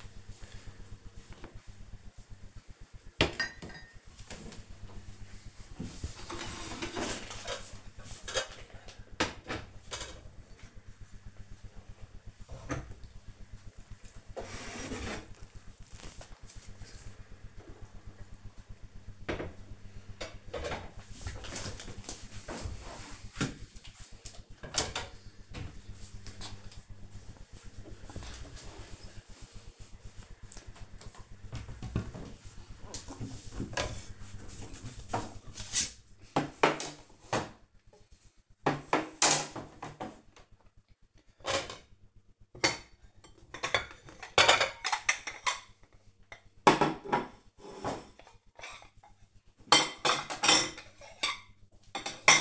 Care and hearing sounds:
household activities, microphone on the right wrist
30.36-52.41 s: putting away the dishes

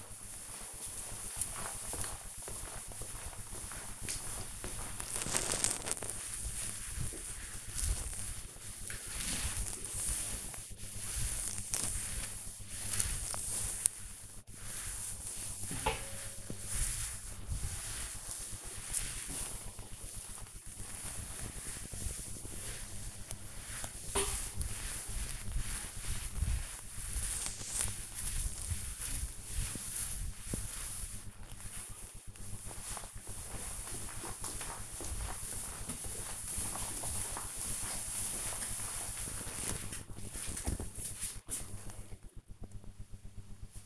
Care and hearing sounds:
household activities, microphone on the right wrist
0.00-30.91 s: cleaning table

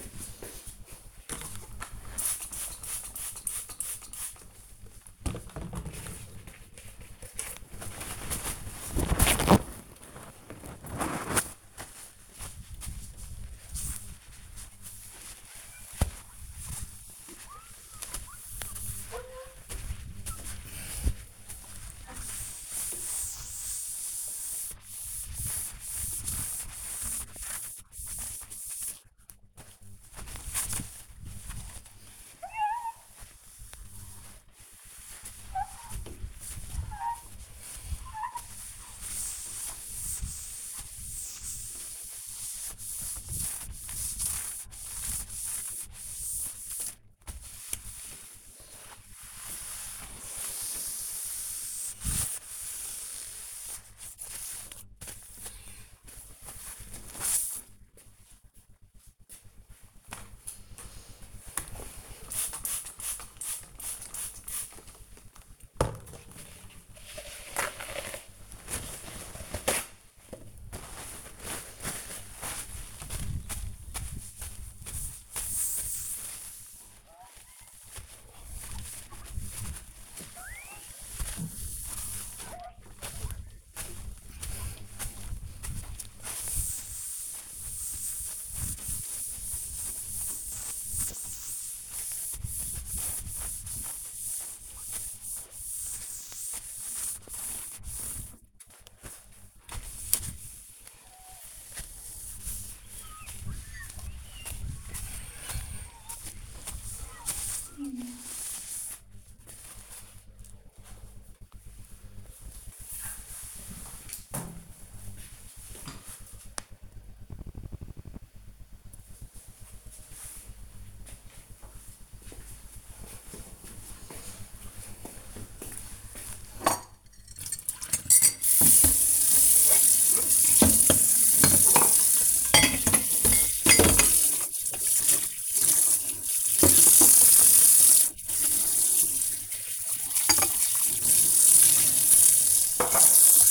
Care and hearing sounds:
household activities, microphone on the right wrist
0.39-57.58 s: window cleaning
61.59-109.77 s: window cleaning
126.80-143.51 s: washing dishes

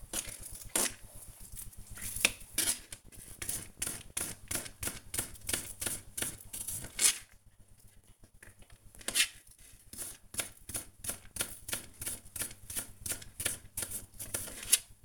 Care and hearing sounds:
household activities, microphone on the right wrist
0.00-15.05 s: cutting vegetables

